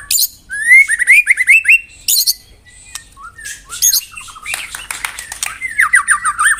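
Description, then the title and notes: White-rumped shama delivering a string of rising whistled notes in quick succession, followed by scratchy chatter and a closing burst of rapid trilled phrases. Lure sound. "Pikat Murai Batu Durasi Panjang. Burung Murai Batu"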